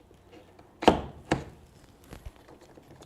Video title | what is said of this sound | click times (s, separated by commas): EASY AND CHEAP! Do it yourself Jaguar F-Type Oil Change | Make sure it's clicked into place. There you go. | 0.9 s, 1.3 s